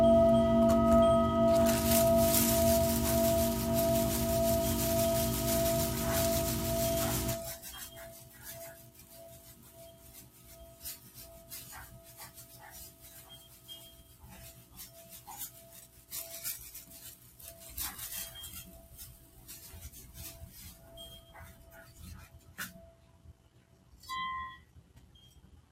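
A Tibetan singing bowl is rubbed loudly for the first seven seconds, a thick, droning hum with steady ringing tones. It then cuts to a quiet, fading ring over soft scattered taps and clicks, and a small bright chime sounds near the end.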